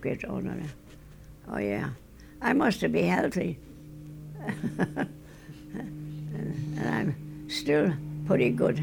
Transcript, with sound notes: Oh, yeah. I must have been healthy. ( she laughs ) I'm still pretty good.